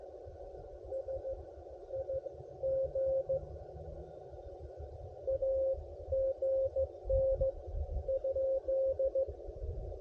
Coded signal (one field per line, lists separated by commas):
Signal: Morse code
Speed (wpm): 15 wpm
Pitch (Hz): 530 Hz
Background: radio noise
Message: SIG AGN?